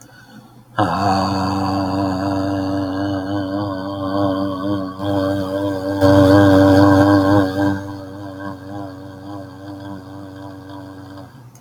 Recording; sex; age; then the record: vowel held as long as possible; male; 60 to 69 years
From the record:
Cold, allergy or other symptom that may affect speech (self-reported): no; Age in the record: 63 years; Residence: Iowa, United States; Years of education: 13